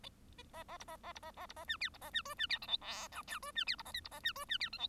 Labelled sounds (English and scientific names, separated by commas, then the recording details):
Bengalese Finch (Lonchura striata domestica) song
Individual Bird1